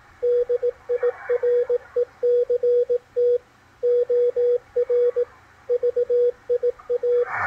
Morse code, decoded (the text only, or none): DIRECT OR VIA